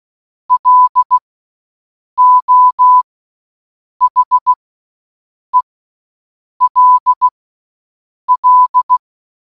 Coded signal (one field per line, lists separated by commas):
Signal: Morse code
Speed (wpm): 16 wpm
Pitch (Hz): 1000 Hz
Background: none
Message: LO HELL